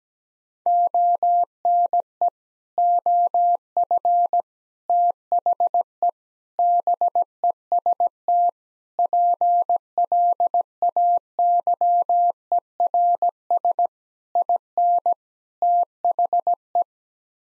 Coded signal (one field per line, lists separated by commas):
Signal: Morse code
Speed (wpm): 17 wpm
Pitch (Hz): 700 Hz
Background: none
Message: ONE OF THE BEST PLAYERS IN THE